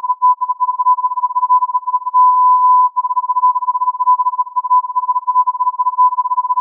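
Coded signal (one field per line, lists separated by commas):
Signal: radio time signal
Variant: Beta RJH69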